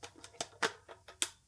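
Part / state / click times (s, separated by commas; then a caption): camera lens into camera body bayonet mount / seated / 1.2 s. A cocked Hasselblad C lens is put back onto the camera body's bayonet mount and turned, with a series of light metallic ticks and scrapes. It clicks home and locks at 1.2 s, leaving the lens mounted, ready and working.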